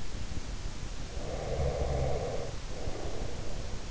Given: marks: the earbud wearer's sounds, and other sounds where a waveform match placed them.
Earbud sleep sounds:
sounds in sleep by an in-ear microphone; breath
0.93-3.84 s: breath

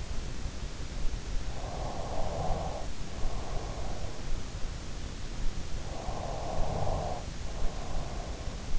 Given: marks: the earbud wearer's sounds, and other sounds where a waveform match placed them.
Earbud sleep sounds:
sounds in sleep by an in-ear microphone; snoring breath, breath
0.98-3.78 s: snoring breath
5.72-8.79 s: breath

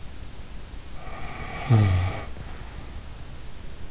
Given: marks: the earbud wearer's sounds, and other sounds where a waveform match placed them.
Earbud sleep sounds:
sounds in sleep by an in-ear microphone; snoring breath
0.99-3.07 s: snoring breath

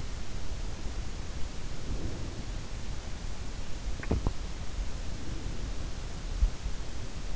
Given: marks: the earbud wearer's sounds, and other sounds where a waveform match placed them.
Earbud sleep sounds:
sounds in sleep by an in-ear microphone; breath, swallowing
1.60-2.68 s: breath
3.86-4.61 s: swallowing
5.01-6.31 s: breath

